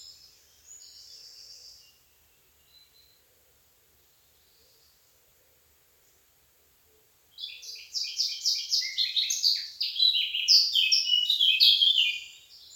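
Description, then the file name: Eurasian blackcap song: after a faint high note and near-silence, a rich, fast warbling phrase of chattering and fluty notes bursts in for about five seconds. "Sylvia atricapilla"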